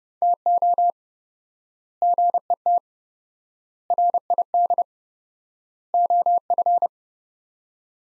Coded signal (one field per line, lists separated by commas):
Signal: Morse code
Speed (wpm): 30 wpm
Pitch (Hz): 700 Hz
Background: none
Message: TO GET RID OF